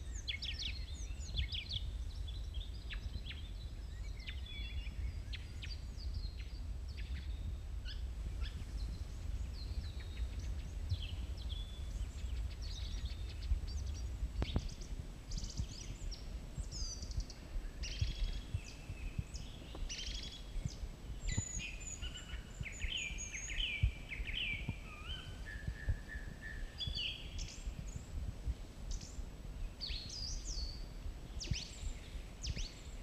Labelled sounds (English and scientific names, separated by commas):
Song Thrush (Turdus philomelos) song